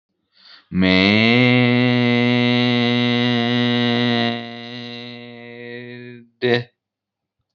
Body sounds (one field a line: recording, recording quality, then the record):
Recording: sustained vowel as in made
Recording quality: excellent, no background noise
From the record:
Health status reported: healthy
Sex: male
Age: 19 years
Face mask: not worn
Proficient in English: yes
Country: India